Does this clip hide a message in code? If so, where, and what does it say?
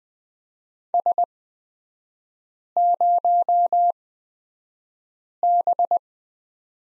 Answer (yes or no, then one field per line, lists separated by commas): yes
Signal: Morse code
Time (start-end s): 0.9-6.0 s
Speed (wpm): 20 wpm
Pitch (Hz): 700 Hz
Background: none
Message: S0B